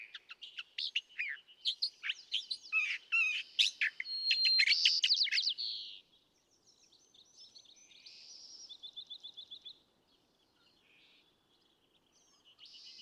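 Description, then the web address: California thrasher song, loud varied phrases and harsh notes for six seconds, then a quieter passage with a soft rapid trill and scattered notes. "birdsongforthecurious California Thrasher"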